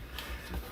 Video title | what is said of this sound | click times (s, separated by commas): Ryobi Rotary Tool (P460) Unbox and Review | this way ah nice solid click | 0.2 s